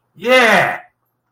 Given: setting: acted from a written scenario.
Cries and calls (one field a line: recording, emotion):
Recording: vocal sound without words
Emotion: elation